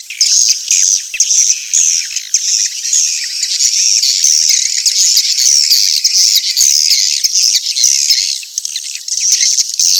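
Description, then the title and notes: Swiftlet calls, an unbroken wash of shrill chirps and trills that stays loud and steady almost the whole time. Swiftlet sounds used for swiftlet farming in Asia. "Swiflet Bird Sound. Farming Swiflet Bird asia sound"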